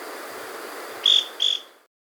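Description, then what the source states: Scale-crested pygmy tyrant giving two quick, sharp high notes close together, then the sound cuts off. Recorded in South America.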